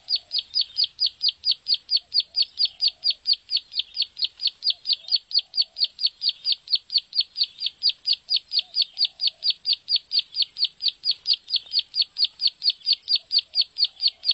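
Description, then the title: Bar-winged prinia singing a long unbroken run of sharp, high, evenly spaced chips. "Suara Burung Ciblek"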